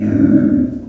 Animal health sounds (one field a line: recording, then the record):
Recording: squeal of a Yucatan mini pig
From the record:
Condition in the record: after surgery on the right vocal fold (resection and tissue-engineered implant)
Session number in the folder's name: 5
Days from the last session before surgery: 33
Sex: female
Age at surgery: 19 weeks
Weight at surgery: 25 kg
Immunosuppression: prednisolone